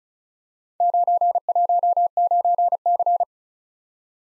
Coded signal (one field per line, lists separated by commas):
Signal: Morse code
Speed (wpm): 36 wpm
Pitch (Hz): 700 Hz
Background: none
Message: 919C